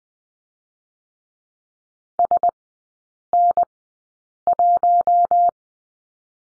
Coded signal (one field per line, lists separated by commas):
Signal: Morse code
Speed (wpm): 21 wpm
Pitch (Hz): 700 Hz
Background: none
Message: SN1